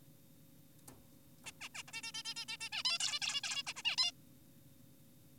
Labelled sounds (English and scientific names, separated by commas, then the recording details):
Zebra Finch (Taeniopygia guttata)
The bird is an adult
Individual g4p5U